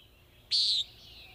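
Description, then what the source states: Common Nighthawk peent: a single short, buzzy, nasal note lasting about a third of a second. Described as a distinctive peep; heard at dawn or dusk in fall, after nesting is complete, as birds prepare to leave North America for wintering grounds in South America.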